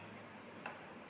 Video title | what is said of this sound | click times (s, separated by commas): Dell Vostro 3470 Upgrade 16 RAM And SSD #upgrade #dell #ssd #ram #getdot solutions | பண்ணிவிட்டு இந்த lock open பண்ணால் தான் இந்த இது ஓப்பன் ஆகும். | 0.7 s